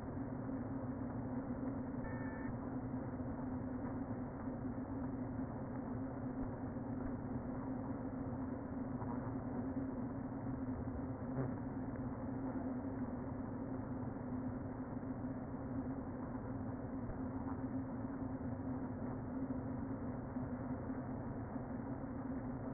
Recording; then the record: honeybee colony, microphone inside the hive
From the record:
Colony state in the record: queen present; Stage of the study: before two queens were removed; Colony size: about 60,000 bees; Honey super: yes